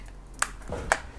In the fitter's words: It clicks into place, so